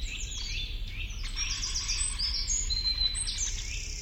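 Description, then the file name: Eurasian wren giving fast, high, metallic trills that run together, over a constant low rumbling background. "Troglodytes troglodytes"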